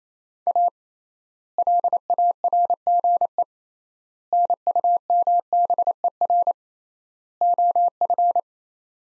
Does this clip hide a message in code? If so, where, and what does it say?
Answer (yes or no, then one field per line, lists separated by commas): yes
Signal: Morse code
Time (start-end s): 0.5-8.4 s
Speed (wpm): 28 wpm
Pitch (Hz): 700 Hz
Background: none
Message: A LARGE NUMBER OF